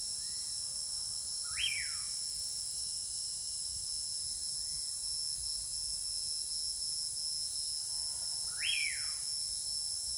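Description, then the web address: Bird calls, two matching upswept whistles about seven seconds apart, with soft fainter notes between, over an unbroken high insect chorus. Tropical rainforest at night; soft, sparse bird calls. "TROPICAL Rainforest night sleep with soft sparse bird calls. Articulated Sounds - Tropical Ambiences"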